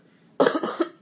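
A single harsh, slightly wet cough from an adult man, lasting about half a second, in a small room. He coughs like this on waking in the morning.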